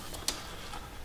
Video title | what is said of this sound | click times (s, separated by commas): Spark Plug Wire Replacement - Dodge Neon | now I'm going to press them down until I feel and hear and audible click letting it me know it's made good contact with a spark plug | 0.3 s